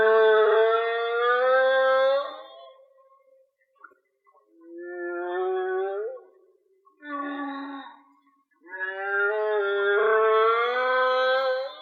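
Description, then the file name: Whale song: sustained harmonic moans, slightly rising, alternating with shorter rising units and brief pauses. "Whale Song-colin"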